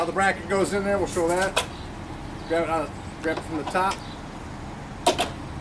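A gutter guard (gutter hood) bracket is grabbed from the top and lined up on the gutter, ahead of pulling up on its front lip and twisting it to lock in place. Someone talks in short bursts over a low steady background, with brief sharp sounds near 1.6 s and 5.1 s. Nothing has seated or clicked yet.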